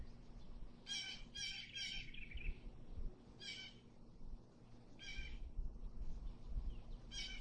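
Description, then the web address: Blue jay rasping squawks, a quick run of three at first, then single calls spaced a couple of seconds apart, over low outdoor rumble. Blue jay song recorded amid nature. "amid nature bird song bluejay"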